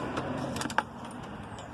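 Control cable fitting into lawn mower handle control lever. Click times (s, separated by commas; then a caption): 0.8 s. The fitting of a replacement control cable on a Craftsman Briggs & Stratton 625 series lawn mower is looped into the handle control lever and pushed down. A few light taps and rattles at 0.6 and 0.7 s are followed by a sharp, bright click at 0.8 s as the cable end seats in the lever. Afterward only quiet background noise remains.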